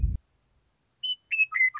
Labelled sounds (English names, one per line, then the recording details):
Western Meadowlark
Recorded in Sonoma County, California